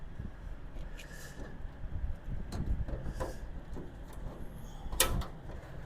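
A drawer for a Harbor Freight US General tool cart is pushed again onto its steel slide after a failed first try, with soft sliding and bumping sounds, including a small knock at about 2.5 s. It latches home with a sharp metallic click at 5.0 s, and the drawer is seated.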